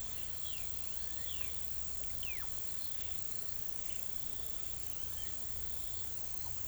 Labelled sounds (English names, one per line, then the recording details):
none
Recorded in pastures near Puerto Asís, Putumayo, Colombia, on 21 December 2024 at 17:00
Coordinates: 0.486, -76.323
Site GP01